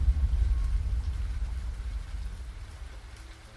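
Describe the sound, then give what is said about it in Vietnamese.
Steady light rain falls in a continuous soft patter, with a low rumbling wash underneath that slowly fades over a few seconds. No voices. “Bốn ngày sau, trời vẫn còn mưa rả rích, tuy lượng mưa không lớn như mấy ngày trước đó.”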